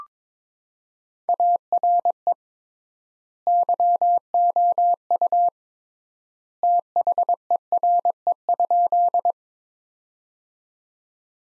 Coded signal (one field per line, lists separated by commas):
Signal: Morse code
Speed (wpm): 22 wpm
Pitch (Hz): 700 Hz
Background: none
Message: ARE YOU THERE?